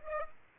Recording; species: mosquito wingbeat signal from an infrared sensor; Aedes aegypti